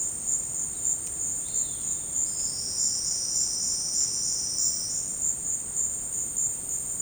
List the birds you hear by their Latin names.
Rupornis magnirostris